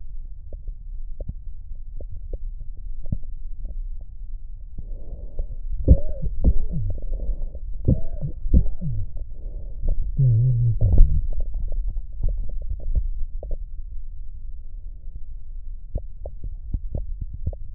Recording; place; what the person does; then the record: lung sounds by stethoscope; right posterior basal chest; quiet breathing, then cough and speech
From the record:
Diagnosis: COPD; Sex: male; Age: 70 years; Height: 174 cm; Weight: 94 kg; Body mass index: 31.0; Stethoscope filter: extended mode